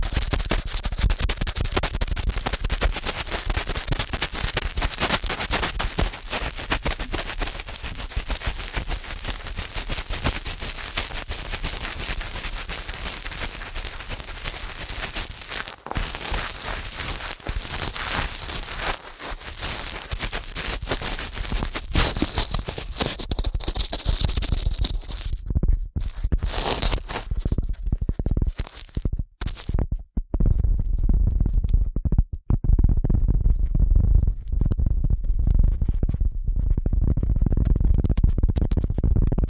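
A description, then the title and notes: Ear cleaning at a rapid pace: a dense, continuous crackle of scratching and rubbing fills the first twenty-five seconds. After that it breaks into short pauses and bursts, and by about thirty seconds the sound turns duller and rumbling, with little brightness left. ASMR Ear Cleaning at Helicopter Speed.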